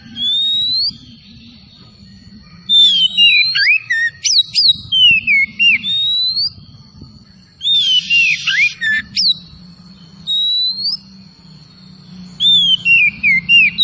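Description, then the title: Oriental magpie-robin song in separate bouts of looping whistles and harsh rasping notes, over a low hum and a steady high tone. Singing vigorously (gacor). "Kacer Tretes"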